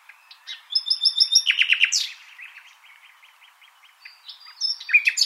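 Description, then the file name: Common nightingale song: a series of high piping notes, then fast loud repeated clicks and a sharp whistle, quieter notes, and another loud phrase at the end. "Luscinia megarhynchos"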